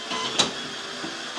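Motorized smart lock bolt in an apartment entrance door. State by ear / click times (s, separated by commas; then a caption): not seated / none. The apartment entrance door with a motorized smart lock is being handled: the door is closed and the lock is set to throw its bolt automatically after a delay. A short broadband knock near 0.4 s stands out over a low steady hum, with faint softer bumps later. Nothing has seated or clicked yet; the bolt has not locked.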